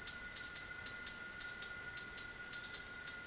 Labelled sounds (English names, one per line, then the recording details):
none
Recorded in forest near Pivijay, Magdalena, Colombia, on 16 April 2023 at 18:00
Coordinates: 10.467, -74.380
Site Z5-G034